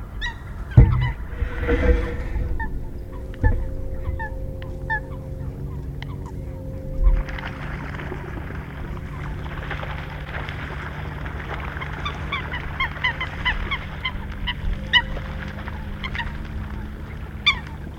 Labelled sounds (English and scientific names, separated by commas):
Eurasian Coot (Fulica atra) call